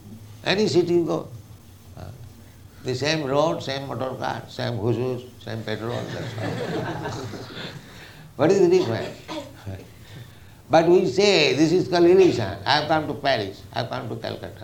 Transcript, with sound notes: Any city you go, the same road, same motorcar, same whoo-shoosh, same petrol, that's all. [laughter] What is the difference? But we say---this is called illusion---"I have come to Paris," "I have come to Calcutta."